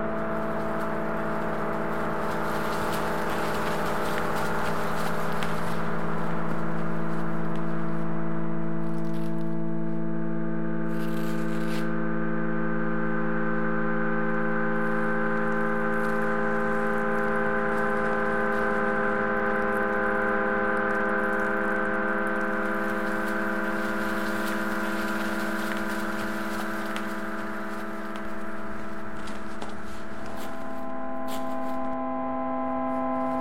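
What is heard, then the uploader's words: A generative ambient piece of sustained synthesized microtonal chords, holding steady with slow shifts, over faint grainy rustling and a few soft crackles. Generative ambient composition made of normally distributed sounds including recorded samples (paper, snow, salt) and synthesized microtonal chords.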